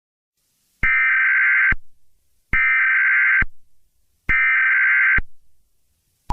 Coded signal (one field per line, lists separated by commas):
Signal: Emergency Alert System (SAME) tones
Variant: header bursts